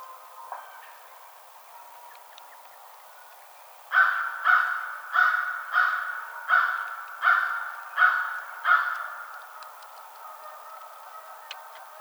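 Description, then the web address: American crow giving a series of eight harsh caws, about one every two-thirds of a second, after a quiet start. Recorded 21 March 2007. "American Crow 2007 03 21"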